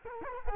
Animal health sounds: mosquito wingbeat signal from an infrared sensor; Culex quinquefasciatus

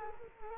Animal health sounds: mosquito wingbeat signal from an infrared sensor; Culex quinquefasciatus

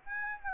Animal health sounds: mosquito wingbeat signal from an infrared sensor; Aedes aegypti

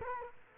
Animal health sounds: mosquito wingbeat signal from an infrared sensor; Culex quinquefasciatus

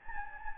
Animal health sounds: mosquito wingbeat signal from an infrared sensor; Anopheles gambiae

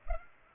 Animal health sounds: mosquito wingbeat signal from an infrared sensor; Culex pipiens

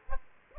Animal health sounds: mosquito wingbeat signal from an infrared sensor; Aedes aegypti

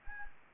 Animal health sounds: mosquito wingbeat signal from an infrared sensor; Anopheles gambiae

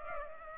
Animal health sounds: mosquito wingbeat signal from an infrared sensor; Culex pipiens

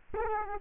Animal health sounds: mosquito wingbeat signal from an infrared sensor; Aedes aegypti

